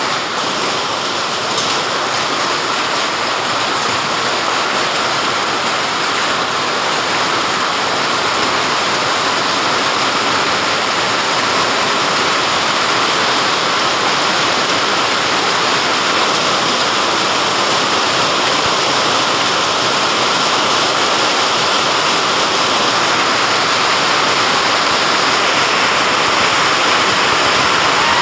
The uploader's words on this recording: We had a heavy hailstorm here yesterday. After yesterday afternoon, rain suddenly formed and it started raining heavily. There was a large amount of hail in the rain that occurred.